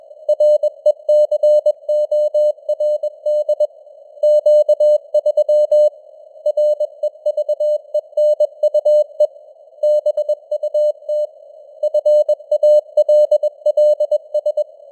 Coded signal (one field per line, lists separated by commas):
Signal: Morse code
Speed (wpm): 21 wpm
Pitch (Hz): 600 Hz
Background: none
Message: RECORD Q3 REVENUE BUT FALLS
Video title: Morse Code News | 2025-10-06 | 21wpm